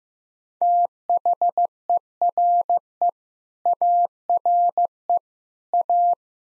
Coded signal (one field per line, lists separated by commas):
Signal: Morse code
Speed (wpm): 15 wpm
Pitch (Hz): 700 Hz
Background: none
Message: THERE ARE A